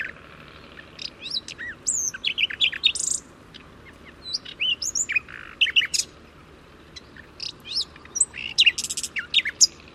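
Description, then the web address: Bird singing a lively stream of sharp chirps, slurred whistles and trills in short bursts with brief gaps throughout. "Deverinetal 2025 File origin Bird Only"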